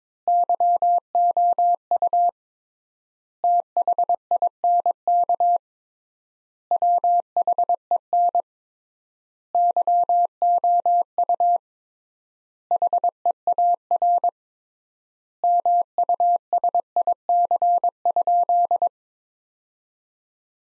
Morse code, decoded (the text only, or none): YOU THINK WHEN YOU HEAR MUSIC?